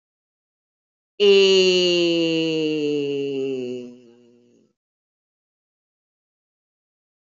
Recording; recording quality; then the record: sustained vowel as in made; excellent, no background noise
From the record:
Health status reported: healthy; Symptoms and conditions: none ticked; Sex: female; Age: 66 years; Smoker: not ticked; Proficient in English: yes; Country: India